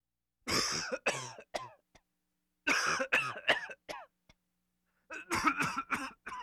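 An adult man coughs in three separate fits of harsh, explosive bursts, roughly a dozen coughs in all over about six seconds, with short silent pauses between fits. It is a plain repeated cough.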